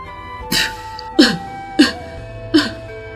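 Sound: coughing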